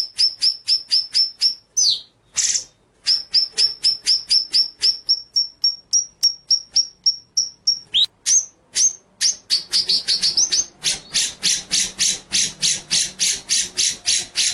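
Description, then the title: White-rumped shama song: a long run of short, sharp, high notes repeated several times a second, briefly broken by sweeping notes, ending in faster, denser pulses. Training (masteran) track with full rolling ('ngerol') and shooting ('nembak') song styles. "Masteran Murai Batu Full Ngerol Nembak"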